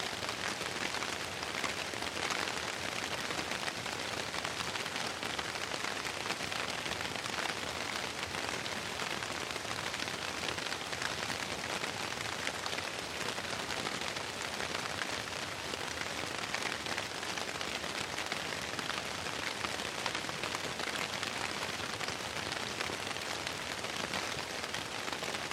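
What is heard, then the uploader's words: Constant rain falls on broadleaf vegetation, a dense, steady hiss with countless fine drop taps spread evenly through all 26 seconds. The sound is bright, with no pauses or swells and little low rumble beneath it. Rain, Large Drops of Broadleaf. Constant rain with large drops on broadleaf vegetation.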